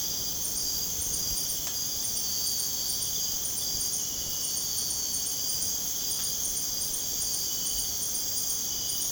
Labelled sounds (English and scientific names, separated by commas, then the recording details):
none
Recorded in pastures near Puerto Asís, Putumayo, Colombia, on 23 June 2025 at 00:30
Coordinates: 0.496, -76.326
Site GP01